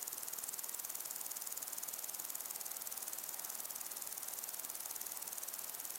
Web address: beanstalk-audio Crickets and insects in windy long grass